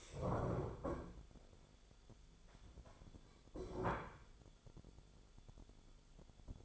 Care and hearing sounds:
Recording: daily activity, microphone in the room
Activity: stand up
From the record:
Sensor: 5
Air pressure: 1015.4 hPa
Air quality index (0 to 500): 186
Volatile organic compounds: 7 ppm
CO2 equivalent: 2025 ppm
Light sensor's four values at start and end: 35/81/32/31 and 35/81/32/31

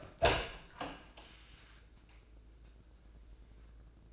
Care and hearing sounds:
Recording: daily activity, microphone in the room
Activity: open door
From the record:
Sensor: 2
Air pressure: 1012.2 hPa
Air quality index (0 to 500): 156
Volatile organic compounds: 2 ppm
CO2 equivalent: 1144 ppm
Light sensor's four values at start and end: 436/1092/445/470 and 436/1092/445/469

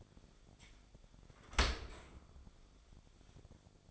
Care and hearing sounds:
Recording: daily activity, microphone in the room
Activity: open dishwasher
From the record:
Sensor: 5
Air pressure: 1006.7 hPa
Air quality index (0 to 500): 186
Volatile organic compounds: 5 ppm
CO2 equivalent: 1770 ppm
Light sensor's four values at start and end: 55/153/60/61 and 55/152/60/61

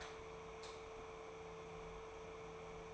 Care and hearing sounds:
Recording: daily activity, microphone in the room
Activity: light off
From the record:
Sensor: 1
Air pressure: 1014.6 hPa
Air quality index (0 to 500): 175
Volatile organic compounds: 15 ppm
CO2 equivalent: 2480 ppm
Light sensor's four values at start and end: 35/94/39/45 and 25/62/26/31

